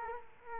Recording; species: mosquito wingbeat signal from an infrared sensor; Culex quinquefasciatus